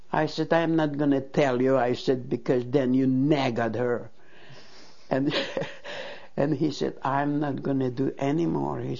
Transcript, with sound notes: I said, "I am not going to tell you," I said, "because then you nag at her." And, ( she laughs ) and he said, "I'm not going to do any more."